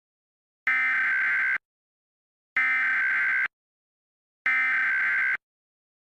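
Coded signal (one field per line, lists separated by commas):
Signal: Emergency Alert System (SAME) tones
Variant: header bursts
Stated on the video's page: Fictional EAS scenario based on the game Sprunki.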